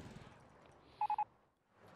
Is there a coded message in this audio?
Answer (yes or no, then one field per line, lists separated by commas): no